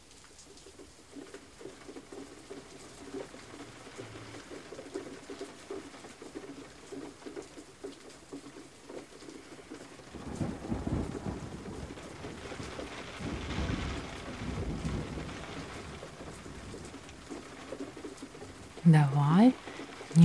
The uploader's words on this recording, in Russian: Прячемся от грозы в ботаническом саду. Этот тёплый и дождливый вечер мы проведём в коллекции различных растений и будем любоваться грозой в окна стеклянной оранжереи, сидя в уютном кафе.